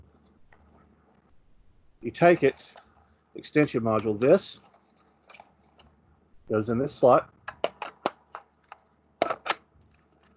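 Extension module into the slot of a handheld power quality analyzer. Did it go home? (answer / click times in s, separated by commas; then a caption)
no / none. A plastic extension module is handled and brought to the slot of an Elspec PURE BB handheld power quality analyzer while someone talks. Short sharp plastic taps and clicks come between the speech. The module has not seated or clicked into the slot yet.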